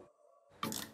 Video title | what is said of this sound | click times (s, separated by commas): AGARO 104 Pcs Professional Tool Set & 24 - 41 Bit Screwdriver Set Reviewed & Tested - DIY Toolkits | इसमें है लगाएंगे क्रॉच इस तरह से मैग्नेटिकली लॉक हो जाता है और | 0.6 s